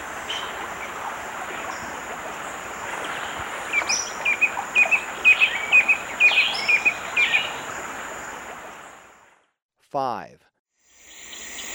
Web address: Natures Songs S America Birds of Ecuador Stripe-chested Antwren